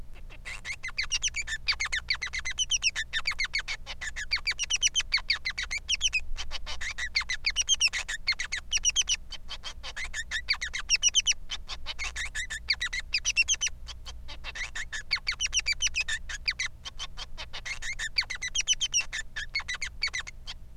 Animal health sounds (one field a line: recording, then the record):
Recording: song of a male Bengalese finch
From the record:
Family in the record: son of father 3